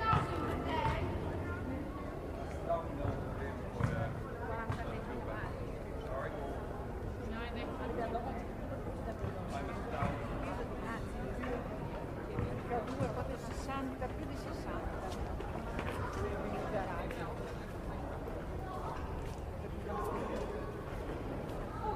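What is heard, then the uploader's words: A busy plaza in Italy, filled with overlapping Italian conversations that run steadily for the whole stretch. A low rumble of traffic sits underneath, and short clicks and taps of footsteps come through now and then, with no sudden loud events. Plaza Di Pietro. The sounds of a busy plaza in Italy. You can hear the sound of Italian conversations, footsteps, and traffic.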